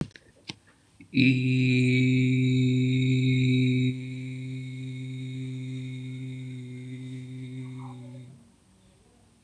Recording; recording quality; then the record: sustained vowel as in beet; excellent, no background noise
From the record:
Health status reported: exposed to COVID-19, no respiratory illness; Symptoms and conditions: none ticked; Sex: male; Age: 30 years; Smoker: not ticked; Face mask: not worn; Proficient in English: yes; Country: India